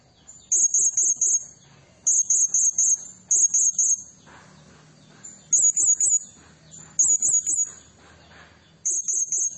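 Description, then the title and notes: Blue-crowned hanging parrot, repeated groups of a few piercing high squeaks, one group every one to two seconds, with faint background rustle. Lure for training and attracting birds; a very vocal bird giving 'nembak' calls, meant to provoke other birds. "Burung Serindit Nembak Gacor Bikin Emosi Semua Burung. Suara Nasteran Dan Pemikat Burung Serinditan Gacor"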